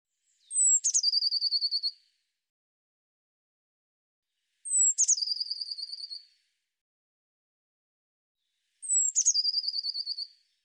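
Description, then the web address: Eurasian blue tit repeating the same call three times, about every four seconds: a high thin note followed by a rapid trill. "cianscape birddata Deverinetal 2025 File cleaned normalized Bird Cy Ca"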